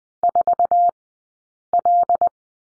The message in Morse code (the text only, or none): 4L